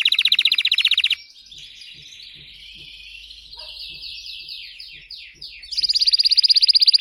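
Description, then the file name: Canary song: a rapid trill, then softer warbling and buzzy sliding phrases, ending with a loud fast trill. Singing Belgian canary, red frosted colour variety. "canto do canario belga vermelho nevado"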